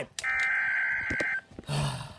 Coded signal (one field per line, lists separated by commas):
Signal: Emergency Alert System (SAME) tones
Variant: header bursts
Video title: EAS 10 SERVER THUNDERSTORM WARNING